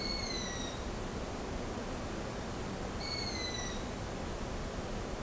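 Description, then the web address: Owl calls: two drawn-out, slightly falling whistled notes about three seconds apart, each under a second long, over a steady background hiss. "Voegel kautz"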